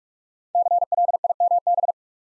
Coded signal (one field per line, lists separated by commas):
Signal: Morse code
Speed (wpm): 44 wpm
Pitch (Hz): 700 Hz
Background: none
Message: CLIMB